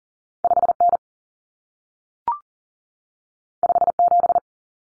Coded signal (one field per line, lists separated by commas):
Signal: Morse code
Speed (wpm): 40 wpm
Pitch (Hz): 700 Hz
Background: none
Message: 5N 57